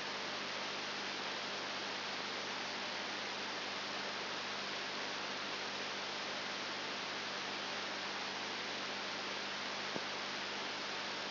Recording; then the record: brain microelectrode recording played as sound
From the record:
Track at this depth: outside the subthalamic nucleus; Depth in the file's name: 7.299 mm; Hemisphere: left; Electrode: 2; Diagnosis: Parkinson's disease